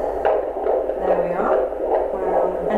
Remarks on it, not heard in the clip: BABY DIARIES WK 18. The reason we know that's the baby is because the heart rate's so fast a fast little train.